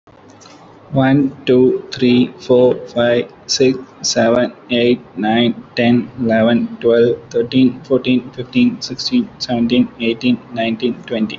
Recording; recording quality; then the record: counting at a normal pace; excellent, no background noise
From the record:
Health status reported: healthy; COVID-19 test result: negative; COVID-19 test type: RT-PCR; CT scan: not taken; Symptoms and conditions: none ticked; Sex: male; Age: 23 years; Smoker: no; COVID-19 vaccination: one dose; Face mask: not worn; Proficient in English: yes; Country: India